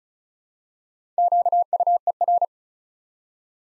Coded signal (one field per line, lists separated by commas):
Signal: Morse code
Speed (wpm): 34 wpm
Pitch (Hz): 700 Hz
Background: none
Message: QUER